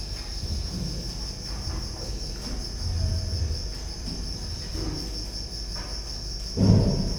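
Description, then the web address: Cricket keeping up a steady high trill beneath low rumbling, scattered clicks, and a louder burst of noise near the end. Recorded at Győr zoo in 2014 with professional gear; insect on the left microphone, amid electrical equipment; quiet still-life scene. "allathangok gyorizoo 2014 professzionalis gallerospavian balmikrofonnalegyrovar elektromosberendezes tucsok csendelet"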